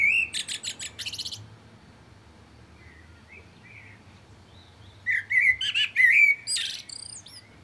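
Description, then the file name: Common blackbird giving a short fluty phrase with high squeaky trills, soft faint notes during a pause, then a longer warbled phrase ending in sharp twitters. "Turdus merula"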